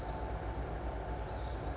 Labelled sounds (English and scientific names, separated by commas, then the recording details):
California Towhee (Melozone crissalis)
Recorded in Sonoma County, California